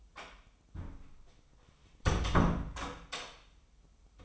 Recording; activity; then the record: daily activity, microphone in the room; close door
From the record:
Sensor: 1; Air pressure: 996.2 hPa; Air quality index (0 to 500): 35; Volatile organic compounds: 1 ppm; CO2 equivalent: 649 ppm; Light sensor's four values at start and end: 14/33/14/16 and 14/33/14/16